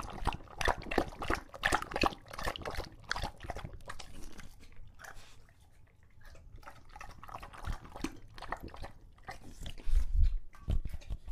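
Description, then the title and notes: English Bulldog drinking with rapid splashy laps, slowing to softer sloshing in the middle, then picking up again, louder toward the end. Male English Bulldog named Lucho drinking from a water bowl after a long walk; out of breath, heavy breathing in between drinks, drinks for a long time. "English Bulldog Drinks from Water Bowl - Weird Sounds. listen to Lucho the English Bulldog as he tries to drink water after a long walk. Don't let his heavy breathing fool you in between drinks, he's equally out of breath from the walk"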